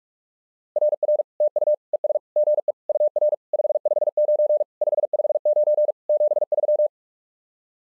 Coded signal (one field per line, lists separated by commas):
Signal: Morse code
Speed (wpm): 44 wpm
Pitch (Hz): 600 Hz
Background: none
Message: RR TU ES GE UR 559 559 73